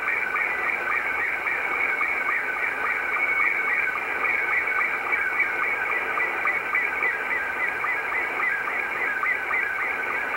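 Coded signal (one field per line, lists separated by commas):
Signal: SSTV (slow-scan television)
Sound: steady warbling, chirping tone sweeping between mid and high pitch under hiss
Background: radio static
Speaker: this is uh R3 na which is a Russian amateur radio operator and what you're seeing here is what we call slow scan television so I'm decoding his signal sending a cqd x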